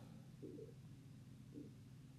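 Two brief, soft gurgling bursts, near 0.5 and 1.6 seconds, rise over a steady low background hum. They are the growl of an adult's stomach: ordinary bowel sounds (borborygmi), caught faintly.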